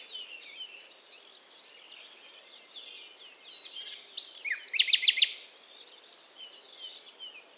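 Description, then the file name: Common nightingale song: a loud, fast run of repeated clipped notes around the middle, set against steady softer twittering and chirps. "Luscinia megarhynchos"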